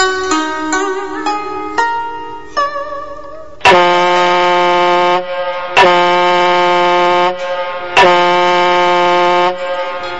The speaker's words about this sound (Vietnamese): Hồi còi tàu vang lên làm cho Tư Cầu thêm xót trong lòng.